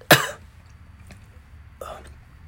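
A single sharp, loud cough, followed about a second and a half later by a softer, rougher throat clear, from an adult who has just taken a hit from a bong. The room is otherwise quiet.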